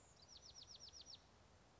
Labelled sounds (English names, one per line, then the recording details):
Bewick's Wren
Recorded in Sonoma County, California